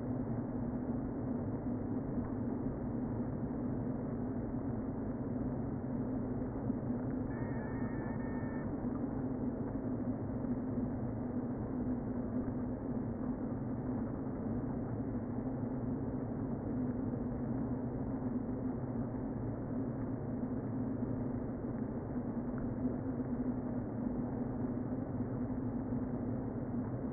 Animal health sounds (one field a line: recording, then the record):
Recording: honeybee colony, microphone inside the hive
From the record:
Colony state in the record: queen present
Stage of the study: before two queens were removed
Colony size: about 60,000 bees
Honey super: yes